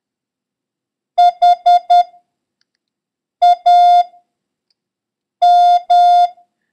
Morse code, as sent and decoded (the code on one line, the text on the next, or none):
.... .- --
HAM